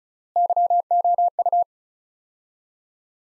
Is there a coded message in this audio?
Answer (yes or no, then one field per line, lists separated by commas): yes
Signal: Morse code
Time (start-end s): 0.4-1.6 s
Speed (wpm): 36 wpm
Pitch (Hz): 700 Hz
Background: none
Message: YOU